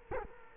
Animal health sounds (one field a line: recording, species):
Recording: mosquito wingbeat signal from an infrared sensor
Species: Culex quinquefasciatus